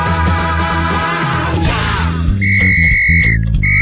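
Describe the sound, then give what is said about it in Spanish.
A shrill, steady whistle blows two long high-pitched blasts with a short break between, sounding over a bouncy music track that plays throughout. “¿Es un silbato?”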